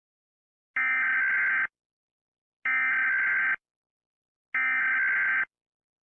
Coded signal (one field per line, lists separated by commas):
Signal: Emergency Alert System (SAME) tones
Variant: header bursts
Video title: Global Heating (Worldwide Edition) - An EAS Scenario